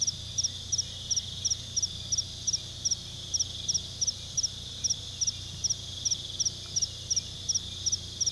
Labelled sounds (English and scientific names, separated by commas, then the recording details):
none
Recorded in pastures near Puerto Asís, Putumayo, Colombia, on 18 February 2024 at 00:00
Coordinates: 0.486, -76.323
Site G6462